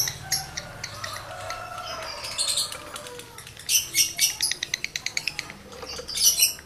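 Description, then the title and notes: Lovebird song starting with softer twittering, then a quick series of evenly spaced sharp clicks and shrill squeaky bursts near the end. Male lovebird in breeding condition; its singing is used as a lure to stimulate other lovebirds to sing. "Birahi Lovebird Jantan ke Gacor. Pancingan Suara Lovebird jantan birahi"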